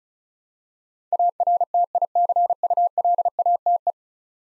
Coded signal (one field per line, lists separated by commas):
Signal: Morse code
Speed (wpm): 36 wpm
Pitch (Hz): 700 Hz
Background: none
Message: ARTICULATE